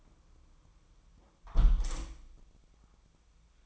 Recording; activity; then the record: daily activity, microphone in the room; close window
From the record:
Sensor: 1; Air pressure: 1004.6 hPa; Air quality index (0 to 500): 101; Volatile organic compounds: 3 ppm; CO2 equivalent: 1388 ppm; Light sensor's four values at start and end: 8/21/8/9 and 8/20/8/8